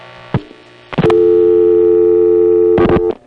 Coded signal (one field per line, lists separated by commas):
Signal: telephone call progress tone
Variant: North America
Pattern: dial tone